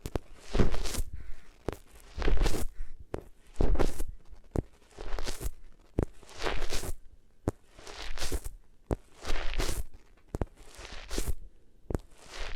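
Rubbing over the ears with different materials, heard as repeated swells of rough, scratchy friction roughly every one and a half seconds. Each stroke rises and fades with a bright hiss and low rumble, separated by sharp clicks and short near-silent gaps.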